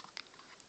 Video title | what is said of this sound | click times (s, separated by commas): Upgrade memory....gateway atom Netbook LT 27. | you'll hear it pop and snap now | 0.0 s, 0.2 s, 0.6 s